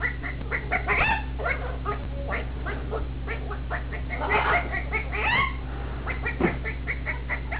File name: chicken